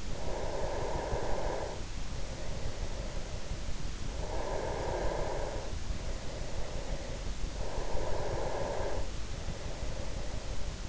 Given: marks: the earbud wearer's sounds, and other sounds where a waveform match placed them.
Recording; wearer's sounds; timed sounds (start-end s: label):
sounds in sleep by an in-ear microphone; breath
0.00-3.77 s: breath
4.03-7.48 s: breath
7.66-10.88 s: breath